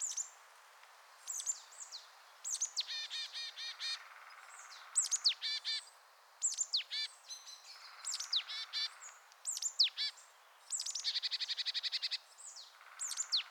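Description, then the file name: Marsh tit calls: high, sharp descending notes alternating with repeated buzzy, nasal 'dee-dee-dee' series, some long and rapid, continuing throughout. "Poecile palustris"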